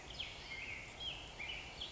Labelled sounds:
Black-headed Grosbeak
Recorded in Sonoma County, California

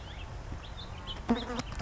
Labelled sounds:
House Finch
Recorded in Sonoma County, California

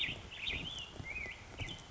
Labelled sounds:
Black-headed Grosbeak
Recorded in Sonoma County, California

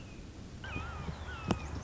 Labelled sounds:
Red-shouldered Hawk
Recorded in Sonoma County, California

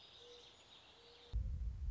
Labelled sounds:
Mourning Dove
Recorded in Sonoma County, California

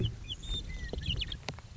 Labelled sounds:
Western Meadowlark
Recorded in Sonoma County, California

